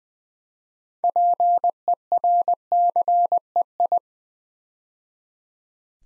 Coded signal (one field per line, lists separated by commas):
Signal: Morse code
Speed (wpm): 20 wpm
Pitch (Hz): 700 Hz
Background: none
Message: PERCEI